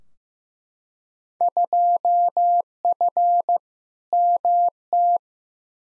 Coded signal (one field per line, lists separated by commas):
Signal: Morse code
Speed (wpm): 15 wpm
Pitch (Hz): 700 Hz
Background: none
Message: 2F MT